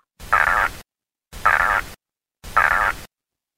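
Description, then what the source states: Arctic char sound: three identical rasping, buzzy bursts, each about half a second long, repeated roughly every second with silence between. Played back from a fish sound database.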